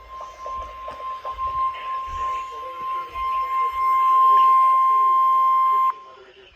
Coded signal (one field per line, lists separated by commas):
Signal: Emergency Alert System (SAME) tones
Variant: 1050 Hz attention tone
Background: speech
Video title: Ending the year at tornadofan life safety house￼￼ eas alerts from 12/28/22 eas546-549